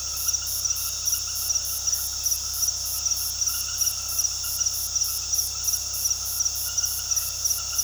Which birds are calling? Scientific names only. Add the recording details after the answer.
none. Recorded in pastures near Puerto Asís, Putumayo, Colombia, on 20 February 2024 at 21:00. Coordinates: 0.486, -76.323. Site G6462